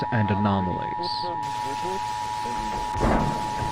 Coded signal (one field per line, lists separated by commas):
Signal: Emergency Alert System (SAME) tones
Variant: 853 and 960 Hz attention tone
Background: speech